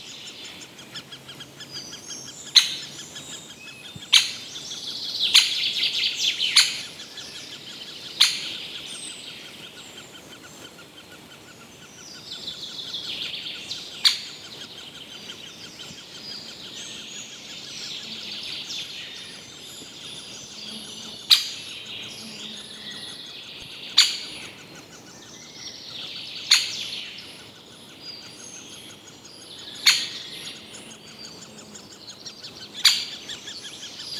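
Birds chirp in the open, a steady mix of bright twittering calls with a busier burst around five to seven seconds. Sharp, loud clicks or snaps land every few seconds throughout, over a faint constant high hiss, likely insects.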